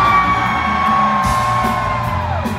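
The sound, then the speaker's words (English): A punk concert crowd yells together on a count of three, a loud, sustained wall of shouting and whooping that holds steady for a couple of seconds before starting to taper off. “Now that sounds pretty loud, right? It sounds pretty loud.”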